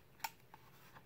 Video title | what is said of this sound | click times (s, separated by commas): Condor Golok and Nessmuk Piggyback Sheath | you'll just flex until you hear it clicking so | 0.2 s